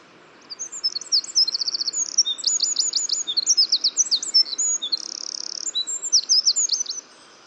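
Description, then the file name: Eurasian wren song: a loud, rapid outpouring of high, sharp notes and fast trills for about six seconds, including a dense buzzy rattle near the end, over steady background noise. "Troglodytes troglodytes"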